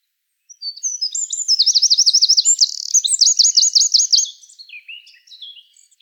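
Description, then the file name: Eurasian wren song: an explosive, high, ringing series of rapid trills and sharp notes for nearly four seconds, fading into a few soft chips. "Troglodytes troglodytes"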